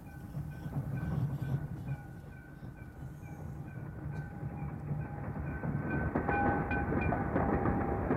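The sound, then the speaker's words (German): A train arriving at its terminal station rumbles along steadily with a low, continuous roar, steady tonal hums and faint squealing wheel tones, its noise swelling slightly toward the end as it pulls in. “Was ist jetzt das? Ach, der Zug vor der Endstation.”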